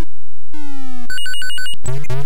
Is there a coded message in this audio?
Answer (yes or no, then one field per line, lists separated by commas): no